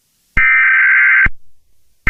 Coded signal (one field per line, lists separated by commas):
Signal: Emergency Alert System (SAME) tones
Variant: header bursts